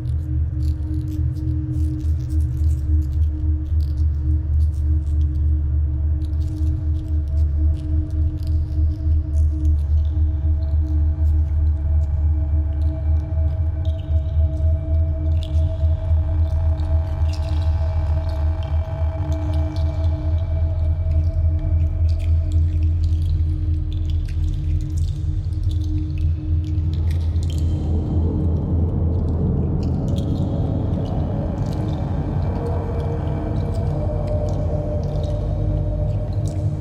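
An imagined future ocean built from the sounds of beach plastic: a dense, steady low drone with a held hum above it and faint scattered clicks. Wavering mid tones drift in between roughly 10 and 25 seconds, and near 27 seconds a thicker, brighter swell rises and holds.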